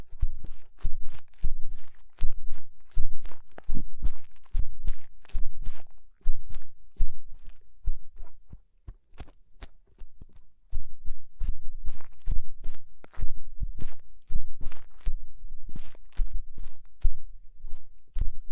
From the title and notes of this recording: ASMR Inner Ear Cleaning Using Fingers 3Dio (No Talking).